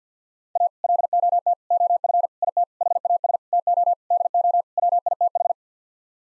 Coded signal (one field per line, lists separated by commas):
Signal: Morse code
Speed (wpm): 50 wpm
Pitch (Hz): 700 Hz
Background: none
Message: A LOT OF IT HAS TO DO WITH